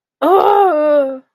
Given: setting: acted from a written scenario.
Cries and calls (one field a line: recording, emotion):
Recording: vocal sound without words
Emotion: pain